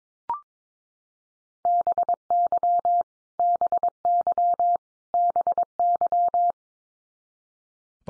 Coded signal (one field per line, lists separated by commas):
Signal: Morse code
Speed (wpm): 22 wpm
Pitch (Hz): 700 Hz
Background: none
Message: BY BY BY